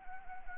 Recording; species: mosquito wingbeat signal from an infrared sensor; Anopheles arabiensis